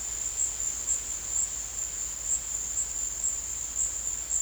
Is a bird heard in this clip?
no